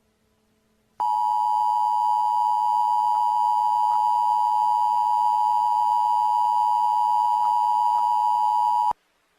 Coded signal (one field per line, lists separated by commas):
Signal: Emergency Alert System (SAME) tones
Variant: 853 and 960 Hz attention tone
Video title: Hospital Fire Outbreak (EAS Scenario)